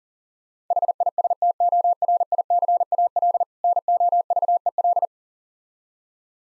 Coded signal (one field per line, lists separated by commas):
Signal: Morse code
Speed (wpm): 40 wpm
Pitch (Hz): 700 Hz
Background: none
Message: HISTORICAL NOVEL